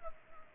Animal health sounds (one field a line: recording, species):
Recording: mosquito wingbeat signal from an infrared sensor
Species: Culex pipiens